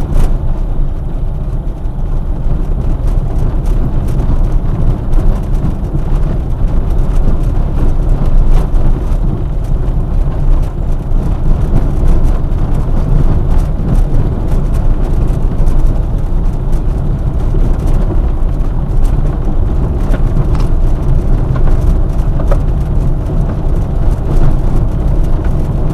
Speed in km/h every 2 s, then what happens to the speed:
25, 25, 24, 25, 24, 24, 25, 25, 25, 28, 28, 28, 28.
0-26 steady at about 25.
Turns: none.